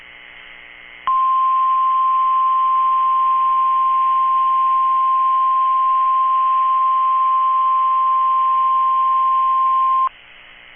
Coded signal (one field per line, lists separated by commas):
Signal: Emergency Alert System (SAME) tones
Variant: 1050 Hz attention tone